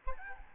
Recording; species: mosquito wingbeat signal from an infrared sensor; Aedes albopictus